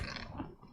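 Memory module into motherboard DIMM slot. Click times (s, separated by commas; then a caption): 0.2 s, 0.4 s. A Corsair 16GB memory module is pressed down into a DIMM slot on an H460 HD3 motherboard until the retention lever moves, giving sharp clicks at about 0.2 s and 0.4 s over a dense rustling background. The module seats in the slot.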